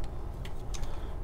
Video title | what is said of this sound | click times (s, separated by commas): Transformission Revolt Review | it clicks there we go there we go | 0.0 s, 0.5 s